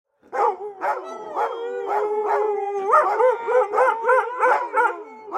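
Dog yelping rhythmically over a steady howled note that carries on beneath the barks.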